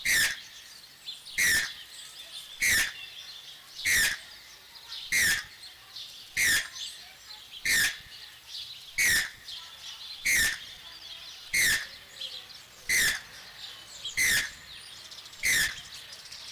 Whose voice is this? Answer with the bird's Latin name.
Ramphastos vitellinus